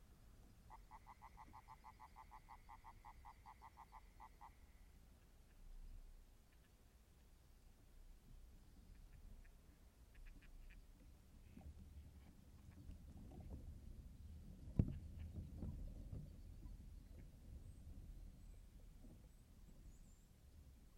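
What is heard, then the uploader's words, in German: An evening in a clay pit: a frog's rapid pulsing trill opens, then a low rumble swells, with one sharp knock near fifteen seconds. Ein Abend in der Lehmgrube. Aber echtes AB-Stereo.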